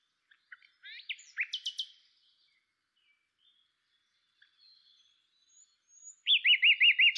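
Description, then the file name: Common nightingale song: a burst of sharp notes, a quieter pause, then a series of loud, evenly repeated notes at the end. "Luscinia megarhynchos"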